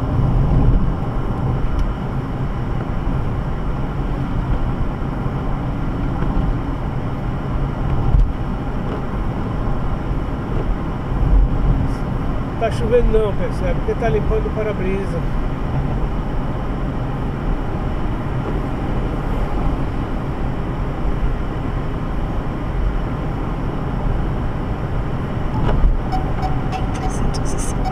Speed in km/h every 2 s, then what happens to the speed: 72, 73, 75, 76, 77, 77, 79, 81, 82, 83, 83, 84, 83, 80.
0-18 speeds up to 83. 18-24 steady at about 83.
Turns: none.